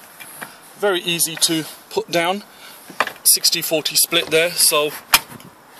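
A folded 60/40 split rear seat back in an Audi A3 Sportline is handled and raised toward its upright position while someone talks, with brief knocks at about 0.4 s and 5.4 s. Nothing has seated or clicked yet; the seat back has not latched into the car body by the end of the clip.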